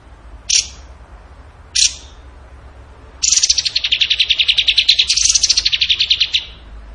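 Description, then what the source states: Bird sound: two sharp separate chips followed by a sustained, rapid, scratchy trill of fast repeated notes. Masteran training recording of bird song in tembakan gacor style.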